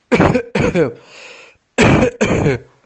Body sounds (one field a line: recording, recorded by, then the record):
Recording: voluntary cough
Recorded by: messaging app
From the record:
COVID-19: negative